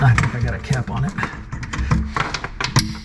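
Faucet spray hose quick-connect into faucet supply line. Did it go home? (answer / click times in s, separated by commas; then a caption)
yes / 2.8 s. Someone talks while the pull-down spray hose of a kitchen faucet is pushed onto its supply-line quick-connect fitting under the sink, with a series of small plastic rattles and taps from about 1.7 to 2.6 s. The fitting clicks home at 2.8 s, and the hose is seated and good to go.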